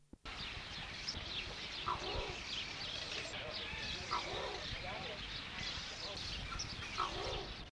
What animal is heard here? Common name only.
Torresian Imperial Pigeon